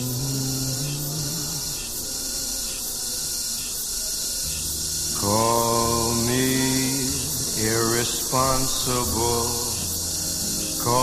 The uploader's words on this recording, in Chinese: 一座城市的声音记忆：蝉鸣。大狗采集了树上蝉儿的鸣叫，配上慵懒的爵士乐曲。